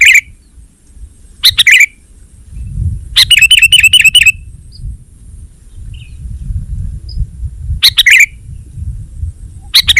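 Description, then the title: Sooty-headed bulbul producing a few loud chirpy bursts and one longer rattling, stuttered phrase, separated by pauses, with a low rumbling background throughout. "kutilang"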